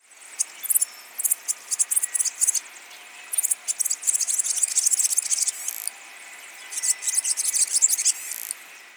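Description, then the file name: Barn swallow twittering in bursts of rapid, very high scratchy chirps and clicks, with short quieter gaps, over a faint steady hiss. "Hirundo rustica - Barn Swallow"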